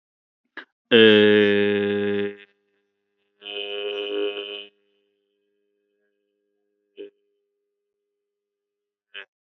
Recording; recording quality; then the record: sustained vowel as in made; excellent, no background noise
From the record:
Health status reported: healthy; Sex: male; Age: 26 years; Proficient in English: yes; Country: India